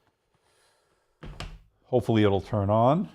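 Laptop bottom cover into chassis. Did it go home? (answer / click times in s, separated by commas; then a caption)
yes / 1.2 s, 1.4 s. Pressing around the edges of a Lenovo ThinkPad X1 Carbon Gen 11 (2023) laptop's bottom cover seats it onto the chassis, with two sharp snaps at 1.2 s and 1.4 s as the cover clips lock into place. After a short quiet gap, someone talks.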